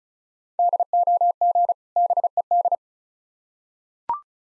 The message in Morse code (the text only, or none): DOG BED